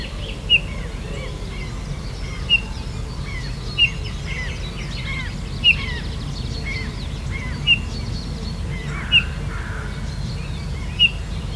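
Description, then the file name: Eurasian bullfinch call notes: brief, clear piping whistles repeated roughly every one to two seconds, with many other birds chattering behind and a constant low rumble. "Pyrrhula pyrrhula"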